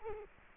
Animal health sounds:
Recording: mosquito wingbeat signal from an infrared sensor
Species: Culex quinquefasciatus

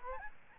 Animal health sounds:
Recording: mosquito wingbeat signal from an infrared sensor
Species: Aedes albopictus

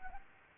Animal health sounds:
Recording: mosquito wingbeat signal from an infrared sensor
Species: Anopheles gambiae

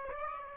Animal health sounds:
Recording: mosquito wingbeat signal from an infrared sensor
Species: Aedes aegypti

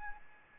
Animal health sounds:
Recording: mosquito wingbeat signal from an infrared sensor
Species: Aedes albopictus

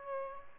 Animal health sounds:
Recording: mosquito wingbeat signal from an infrared sensor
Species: Aedes albopictus

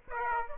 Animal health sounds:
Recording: mosquito wingbeat signal from an infrared sensor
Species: Aedes aegypti

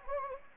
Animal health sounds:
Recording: mosquito wingbeat signal from an infrared sensor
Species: Anopheles gambiae

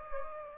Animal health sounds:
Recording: mosquito wingbeat signal from an infrared sensor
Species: Anopheles gambiae

